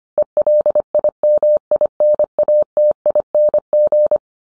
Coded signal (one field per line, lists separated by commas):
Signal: Morse code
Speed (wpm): 25 wpm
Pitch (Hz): 600 Hz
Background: none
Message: ELIMINATING